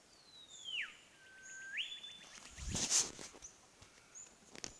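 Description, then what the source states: Olive whistler giving a single whistled phrase that falls, holds low, then rises sharply, followed by loud rustling and crackling noise and faint high bird notes. Recorded at Rennick.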